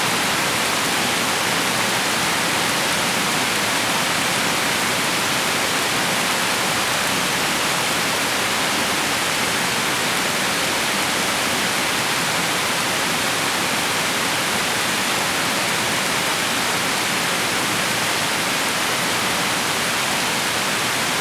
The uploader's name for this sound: Torrential Rain Ambience